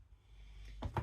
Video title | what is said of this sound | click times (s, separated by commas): Rover Gas Turbine 17 - Switches, Gears and Tears! (Of Joy!) | Nice satisfying click there | 0.8 s, 1.0 s